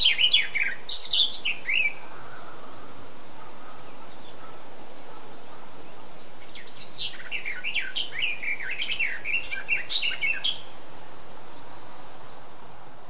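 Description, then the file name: Eurasian blackcap song: a quick warbled phrase at the start, several seconds of hiss, then a lengthy jumbled warble of scratchy and whistled notes. "Sylvia atricapilla"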